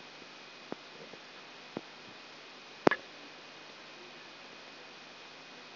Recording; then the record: brain microelectrode recording played as sound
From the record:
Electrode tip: outside the subthalamic nucleus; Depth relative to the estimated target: -8 mm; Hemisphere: right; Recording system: AlphaMap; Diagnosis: Parkinson's disease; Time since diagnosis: 9 years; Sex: male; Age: 68 years